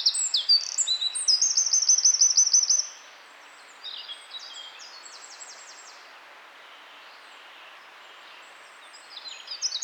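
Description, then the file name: Eurasian wren delivering a loud high-pitched song of quick notes and a rattling trill, then falling silent except faint chips before a new phrase begins. "Troglodytes troglodytes"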